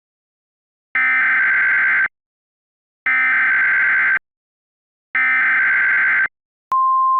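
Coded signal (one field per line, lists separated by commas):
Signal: Emergency Alert System (SAME) tones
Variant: header bursts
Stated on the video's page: Mock Tornado Warning with valid SAME tones, simulated rather than a real broadcast.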